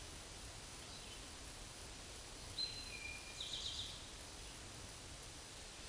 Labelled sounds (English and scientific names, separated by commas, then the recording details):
Eastern Towhee (Pipilo erythrophthalmus) song
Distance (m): 40 m
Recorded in a Pennsylvania forest on 17 May 2023 at 13:14
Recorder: AudioMoth, point grid1_7_low
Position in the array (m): 119 m, 84 m